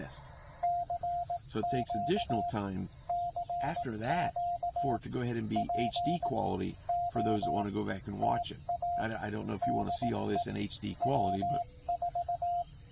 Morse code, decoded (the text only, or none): CQ CQ POTA DE W4